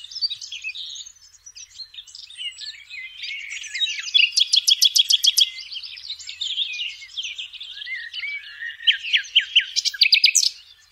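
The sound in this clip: Common nightingale delivering varied phrases with several bursts of rapid repeated notes, interspersed with twittering and sharp whistled chirps.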